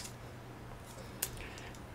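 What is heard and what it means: A RAM stick is pressed into its motherboard slot during the memory step, and a sharp, very short click sounds at 1.2 s as the latch seats. A faint low hum runs underneath, and the module is confirmed seated.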